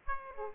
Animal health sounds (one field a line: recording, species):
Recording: mosquito wingbeat signal from an infrared sensor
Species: Aedes aegypti